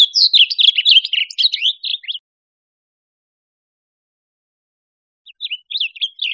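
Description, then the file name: Blue grosbeak warbled song phrase of rapid, tumbling notes for about two seconds, a three-second pause, then a second phrase starting. Recorded in Costa Rica. "CR BLGR"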